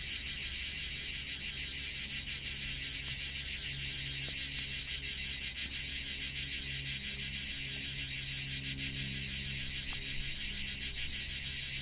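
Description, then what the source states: Cicadas, an unbroken shrill buzz with faint pulsing, over a low steady hum. Cicada song in Provence, used as a focus for mindful attention during a guided siesta meditation.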